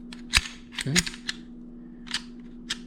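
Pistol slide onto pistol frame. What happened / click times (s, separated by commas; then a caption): The metal slide snapped into place on the frame / 0.4 s. After the takedown lever on a Walther PK380 pistol is turned back and the takedown pins are raised, the slide is pushed onto the small pistol frame and snaps into place with a sharp metallic snap at 0.4 s, seating fully. Several lighter clicks and handling sounds follow, and someone talks briefly.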